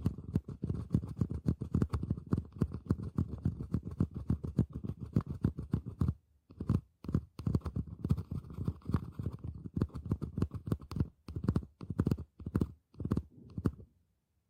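Fast, dense scratching on a hollow box, a rapid run of rasping strokes with a low, resonant body. After about six seconds it breaks into shorter bursts separated by pauses, with sharper isolated scrapes near the end before fading out at fourteen seconds.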